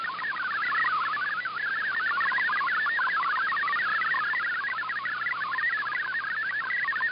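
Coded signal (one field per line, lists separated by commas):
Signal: multi-tone FSK (Olivia or MFSK type)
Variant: MFSK64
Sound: fast burbling stream of rapidly changing musical tones over radio hiss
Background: radio static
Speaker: once all the text is received we'll want to copy everything between the line with doc type html at its beginning and the line with slash html at its end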